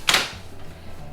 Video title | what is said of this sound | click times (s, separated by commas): UPPAbaby CRUZ - MESA - BASSINET -STROLLER REVIEW - #UPPAbaby | up as you pull those buttons back in till you hear it click. | 0.1 s